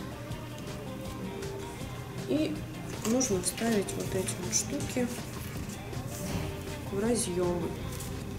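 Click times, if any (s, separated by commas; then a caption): none. The small plugs of a charger cable are being handled at the connectors of heated boot insoles while someone talks over background music. Nothing has seated or clicked yet; the clip ends just before the plugs go home.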